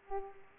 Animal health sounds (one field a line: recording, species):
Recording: mosquito wingbeat signal from an infrared sensor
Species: Culex pipiens